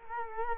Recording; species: mosquito wingbeat signal from an infrared sensor; Culex quinquefasciatus